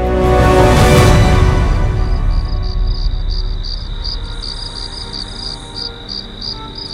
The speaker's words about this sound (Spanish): Y cuando llegó la noche, abrieron el cajón en el que custodiaban todas las historias y leyendas, y con el canto de los grillos, prosiguieron su viaje.